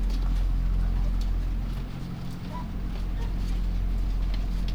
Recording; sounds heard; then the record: poultry house recording; sick chickens (respiratory disease)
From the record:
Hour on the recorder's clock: 2